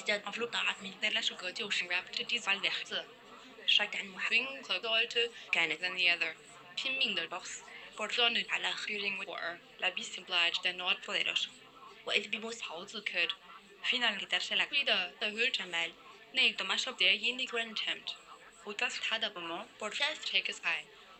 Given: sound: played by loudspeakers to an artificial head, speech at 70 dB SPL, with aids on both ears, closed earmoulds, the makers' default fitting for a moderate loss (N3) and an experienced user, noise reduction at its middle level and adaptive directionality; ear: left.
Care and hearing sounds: speech test signal (ISTS) in cocktail-party noise; +3 dB; in front (0 degrees)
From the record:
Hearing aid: class 1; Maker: I

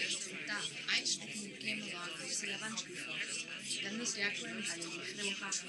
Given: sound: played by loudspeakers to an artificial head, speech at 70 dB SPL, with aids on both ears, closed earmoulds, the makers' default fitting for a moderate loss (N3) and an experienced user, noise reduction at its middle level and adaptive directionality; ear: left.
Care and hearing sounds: speech test signal (ISTS) in cocktail-party noise; 0 dB; on the right (90 degrees)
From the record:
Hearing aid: class 1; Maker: J

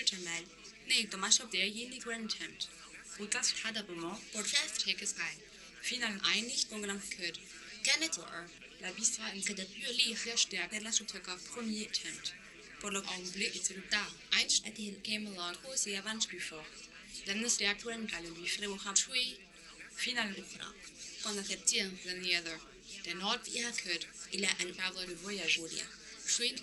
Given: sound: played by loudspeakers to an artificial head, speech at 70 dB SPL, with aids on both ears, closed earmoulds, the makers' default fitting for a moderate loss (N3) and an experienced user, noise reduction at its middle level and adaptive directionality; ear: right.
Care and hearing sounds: speech test signal (ISTS) in cocktail-party noise; +9 dB; in front (0 degrees)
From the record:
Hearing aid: class 1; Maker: H

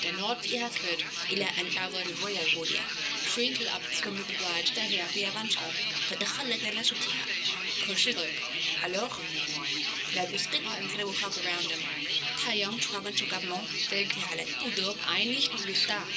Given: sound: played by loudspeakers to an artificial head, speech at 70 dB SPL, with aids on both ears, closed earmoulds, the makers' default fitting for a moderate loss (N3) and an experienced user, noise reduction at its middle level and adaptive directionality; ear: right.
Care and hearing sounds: speech test signal (ISTS) in cocktail-party noise; +3 dB; in front (0 degrees)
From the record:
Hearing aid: class 1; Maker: A

